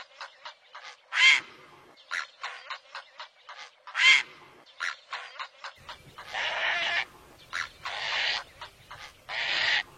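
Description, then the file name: Great blue heron calls: rapid short clicking rattles and a few sharp squawks, then three longer, grating drawn-out croaks. "Canto do garca azul grande"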